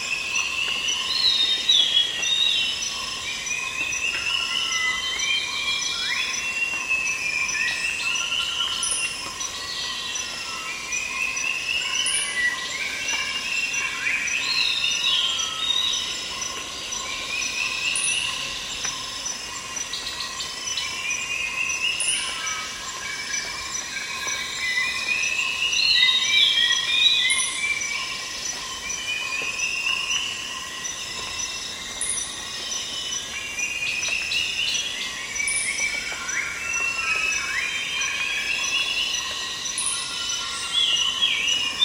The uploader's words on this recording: It's early morning at a dry riverbed in the Borneo rainforest. Gentle fog drip creates a subtle drawn-out rhythm while the calls of insects provide a monotonous backdrop.